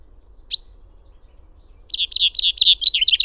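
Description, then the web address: Finch: one crisp high note, a pause, then a rapid run of chirping song notes that keeps going to the end. "fugl b-finke"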